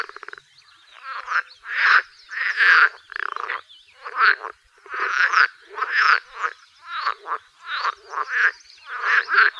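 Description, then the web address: Edible frog croaking, many short rattling, pulsed bursts repeated with brief pauses throughout. "Tajemnice puszczy Zaba wodna"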